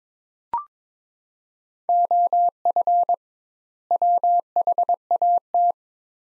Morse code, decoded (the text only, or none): OF WHAT